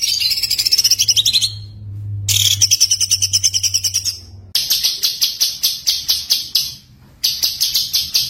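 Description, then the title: White-eye song in high, buzzy trilled bursts of rapid pulses, broken by short silent gaps, over a faint low hum. Gacor (continuous-singing) white-eye with full tembakan (rapid-fire) song, used as a masteran (tutor). "Masteran Burung Pleci Gacor Full Tembakan"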